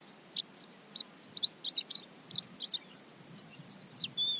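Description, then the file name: Chestnut-eared bunting giving a series of short, high, sharp ticking calls spaced irregularly, followed by brief thin whistled notes near the end, with quiet background. "hoaka"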